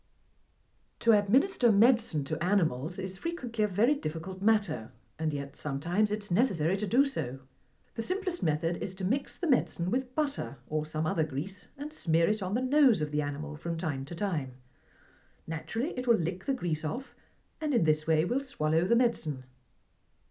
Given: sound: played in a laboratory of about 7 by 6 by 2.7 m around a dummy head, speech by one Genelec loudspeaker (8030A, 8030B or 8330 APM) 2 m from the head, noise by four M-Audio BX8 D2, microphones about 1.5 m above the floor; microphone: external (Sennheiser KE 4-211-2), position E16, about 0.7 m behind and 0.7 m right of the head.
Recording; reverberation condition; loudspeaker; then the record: female speech in English; low; 120 degrees to the right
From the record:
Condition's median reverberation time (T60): about 310 ms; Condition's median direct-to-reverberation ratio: about 3.5 dB